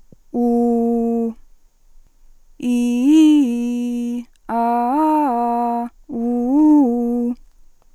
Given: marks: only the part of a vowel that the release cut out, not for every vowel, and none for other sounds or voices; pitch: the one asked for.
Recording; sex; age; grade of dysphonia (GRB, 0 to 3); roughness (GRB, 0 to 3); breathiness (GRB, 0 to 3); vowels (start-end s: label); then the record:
sustained vowels; female; 40 to 49 years; 0; 0; 0
0.39-1.26 s: vowel /u/, low pitch
2.69-4.14 s: vowel /i/, low-high-low pitch
4.56-5.79 s: vowel /a/, low-high-low pitch
6.19-7.27 s: vowel /u/, low-high-low pitch
From the record:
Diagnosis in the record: healthy voice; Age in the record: 44 years